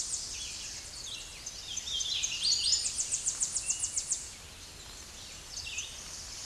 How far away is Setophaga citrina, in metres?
about 20 m